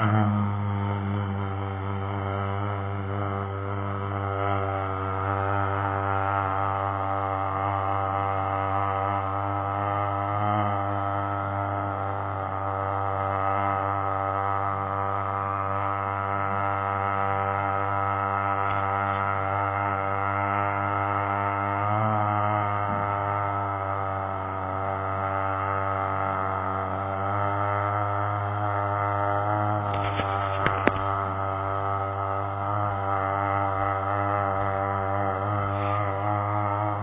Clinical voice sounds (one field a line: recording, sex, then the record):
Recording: sustained vowel /a/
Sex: male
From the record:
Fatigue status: no fatigue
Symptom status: asymptomatic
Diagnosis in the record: COVID-19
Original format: 3gp